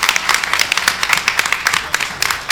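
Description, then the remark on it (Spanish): A crowd applauds the event organizers steadily, with dense overlapping claps forming a bright, crackling wash that holds at an even level for a few seconds. “Así que nada, un aplauso para ellos, ya. ¡Bravo!”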